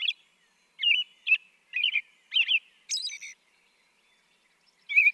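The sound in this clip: American robin song: clear caroling phrases of whistled syllables, several in a row, then a higher squeaky note and a pause before another phrase.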